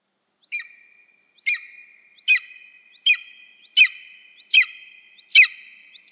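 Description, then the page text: Golden eagle calls: sharp, high yelping notes that drop quickly into a steady ringing tone, repeated about every 0.8 seconds in a series of several, with no other sounds. Synevyr area, Ukraine. "Орел-беркут. Скарби Синевиру"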